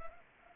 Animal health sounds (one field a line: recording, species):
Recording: mosquito wingbeat signal from an infrared sensor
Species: Anopheles arabiensis